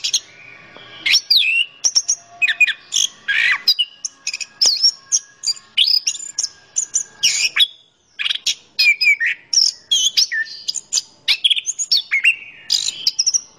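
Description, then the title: Orange-headed thrush singing a long, fast jumble of whistles, clicks and squeaky chirps with barely a pause, one brief break midway. Singing in full, energetic voice. "Anis Kembang Gacor"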